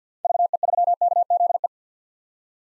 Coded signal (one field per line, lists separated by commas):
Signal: Morse code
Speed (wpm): 50 wpm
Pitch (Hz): 700 Hz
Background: none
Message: VE3KZE